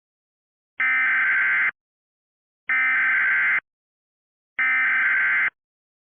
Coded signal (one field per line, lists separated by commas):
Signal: Emergency Alert System (SAME) tones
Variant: header bursts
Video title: ***VALID TONES*** EAS Mock: Dent County, MO Tornado Warning